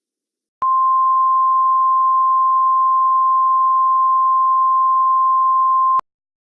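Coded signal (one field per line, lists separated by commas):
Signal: Emergency Alert System (SAME) tones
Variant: 1050 Hz attention tone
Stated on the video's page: Extremely fictional EAS scenario.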